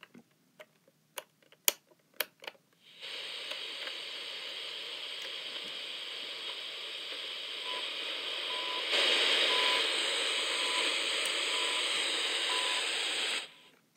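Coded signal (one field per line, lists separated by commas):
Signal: radio time signal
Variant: CHU Canada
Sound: handling clicks, then loud hiss with faint short beeps once each second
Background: radio static, handling clicks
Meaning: Each short tone marks one second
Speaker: Chu Canada which is the Canadian time signal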